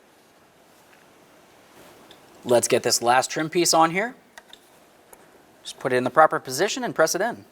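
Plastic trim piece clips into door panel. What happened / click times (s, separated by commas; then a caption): The trim piece is handled and positioned but no clip has snapped home yet / none. The last plastic door trim piece is handled and positioned against the door panel of a 2007–2012 Nissan Versa, being readied to press in so its retaining clips engage. Someone talks while a few faint, short ticks of handling are heard in the quiet gaps. Nothing has seated or clicked yet.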